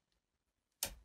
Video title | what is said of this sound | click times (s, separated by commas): Attaching a Camera to Your Telescope, Part 1 | I'm gonna rotate it clockwise you should both hear and feel a click when it's engaged | 0.8 s